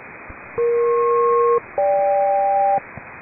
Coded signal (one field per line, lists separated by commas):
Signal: aircraft SELCAL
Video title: Aircraft selective calling SELCAL | Signal Phantom